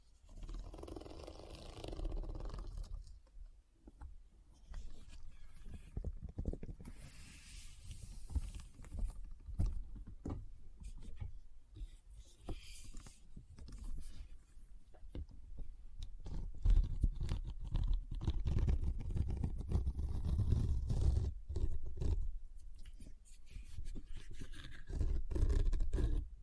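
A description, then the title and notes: Rummaging through a bag, with scattered clicks and rustling thumps over a low rumble that grows louder and busier after sixteen seconds. ASMR What's In My Bag (No Talking).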